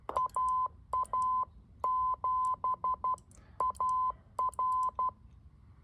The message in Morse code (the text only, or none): AA7AR